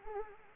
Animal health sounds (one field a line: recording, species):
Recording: mosquito wingbeat signal from an infrared sensor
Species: Anopheles arabiensis